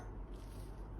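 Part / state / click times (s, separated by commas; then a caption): spring-loaded fitting into a hole in a bicycle wheel hub / not seated / none. A spring-loaded metal piece, slightly larger than the hole, is pressed into a hole in a bicycle wheel hub and wiggled, giving a steady low rubbing and scraping with no sharp transients. Nothing has snapped or seated yet.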